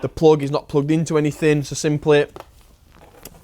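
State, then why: Seated. Someone talks, then after a short quiet pause come faint ticks near 3.0 s as a Bluetooth dongle's plastic plug is pushed into the free diagnostic connector on a Demon X Ripz electric dirt bike's controller, guided by the locator tab. A sharp click at 3.3 s marks the plug seating in the connector.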